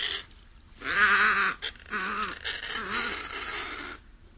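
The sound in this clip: Snowy egret making a series of hoarse, gargling croaks that waver in pitch, run together for about three seconds, then stop.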